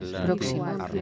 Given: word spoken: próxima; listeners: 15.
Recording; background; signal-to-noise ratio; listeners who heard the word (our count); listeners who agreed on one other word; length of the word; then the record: one Spanish word in noise, from a listening test; four-talker babble; -0.5 dB; 3 of 15; 11 of 15; 0.61 s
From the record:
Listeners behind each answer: 11, 3, 1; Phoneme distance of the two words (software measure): 10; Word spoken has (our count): 3 syllables, 8 phonemes, stress on syllable 1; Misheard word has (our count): 3 syllables, 8 phonemes, stress on syllable 1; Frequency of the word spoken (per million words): 63.08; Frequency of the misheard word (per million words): 162.08